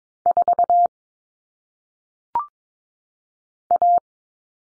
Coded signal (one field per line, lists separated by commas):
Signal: Morse code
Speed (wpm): 22 wpm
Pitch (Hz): 700 Hz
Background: none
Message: 4 A